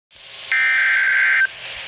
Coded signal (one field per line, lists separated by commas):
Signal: Emergency Alert System (SAME) tones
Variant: header bursts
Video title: Stormy Sunday... EAS Alerts From 4/10/21 & 4/11/21- EAS #209 - #225